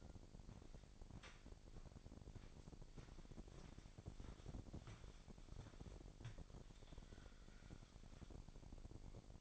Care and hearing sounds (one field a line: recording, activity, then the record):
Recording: daily activity, microphone in the room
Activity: walk to room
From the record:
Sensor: 5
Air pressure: 1012.4 hPa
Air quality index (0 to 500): 238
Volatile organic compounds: 4 ppm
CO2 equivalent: 1587 ppm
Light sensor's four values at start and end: 59/138/58/61 and 58/134/56/60